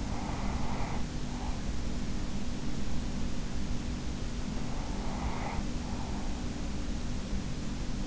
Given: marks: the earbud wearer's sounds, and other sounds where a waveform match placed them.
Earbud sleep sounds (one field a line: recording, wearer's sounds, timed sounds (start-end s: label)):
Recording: sounds in sleep by an in-ear microphone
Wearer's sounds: breath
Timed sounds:
0.00-1.66 s: breath
4.50-6.52 s: breath